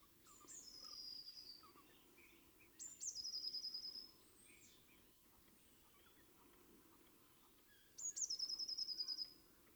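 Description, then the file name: Eurasian blue tit song: three high phrases; the last two open with sharp notes and run into a quick, even trill, over soft background sounds. "Cyanistes caeruleus"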